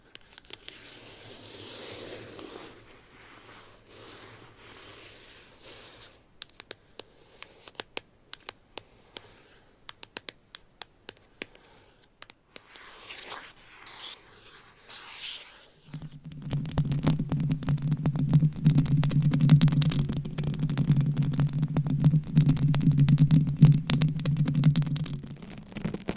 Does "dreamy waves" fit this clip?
no